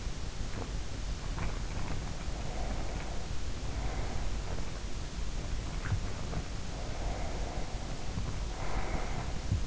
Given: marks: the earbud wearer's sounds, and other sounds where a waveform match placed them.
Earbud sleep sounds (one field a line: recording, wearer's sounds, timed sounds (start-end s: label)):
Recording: sounds in sleep by an in-ear microphone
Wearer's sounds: breath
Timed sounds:
1.89-4.93 s: breath
6.64-9.67 s: breath